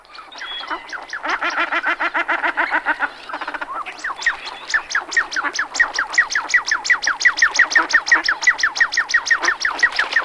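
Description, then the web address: Shelduck calling in a rapid series of short nasal notes. A dense chattering stretch gives way to evenly spaced downward-sliding notes in quick succession. "anseriformes t tadorna"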